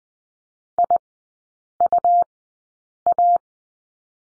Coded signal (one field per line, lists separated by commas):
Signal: Morse code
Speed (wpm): 20 wpm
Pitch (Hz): 700 Hz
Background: none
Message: IUA